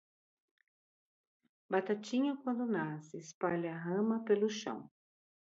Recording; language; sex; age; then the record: short text; Brazilian Portuguese; female; 60 to 69 years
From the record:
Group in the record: control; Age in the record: 63 years